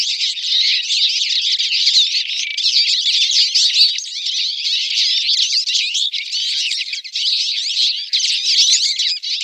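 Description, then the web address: Twite song as an unbroken, rapid twitter of chirps, buzzes and short trills, dense and scratchy throughout with only brief dips. "Schulze Peter Twite song"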